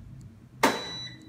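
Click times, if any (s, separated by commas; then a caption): 0.6 s. The door interlock of a Modena WF 830 front-loading washing machine, rated for 8.5 kg, releases after pause is held for about 3 seconds mid-cycle so that laundry can be added. Over a low background hum, one loud click sounds at 0.6 s, followed by a brief ringing tail. The lock icon disappears and the door can be opened.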